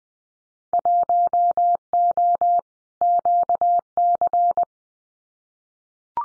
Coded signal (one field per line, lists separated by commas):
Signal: Morse code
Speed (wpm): 20 wpm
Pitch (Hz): 700 Hz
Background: none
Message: 1O QC